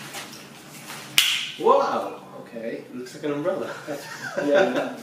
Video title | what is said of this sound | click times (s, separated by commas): Go Chair Unboxing | to unfold and click into place. | 1.2 s